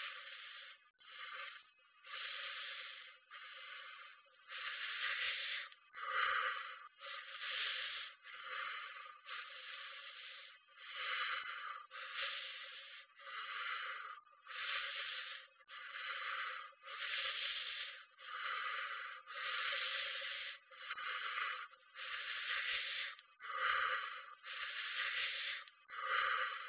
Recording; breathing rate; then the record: paced breathing near a phone; 24 breaths a minute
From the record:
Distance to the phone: 20 cm